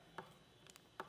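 Tightening the torque-limiting clamp knob on a Yakima BaseLine roof rack tower onto the BaseClip fit kit clip of a 2023 Nissan Rogue produces two sharp clicks, at 0.2 s and 1.0 s, with faint softer ticks in between. The clicks come from the built-in torque limiter, showing the knob has reached its set torque and is fully tightened.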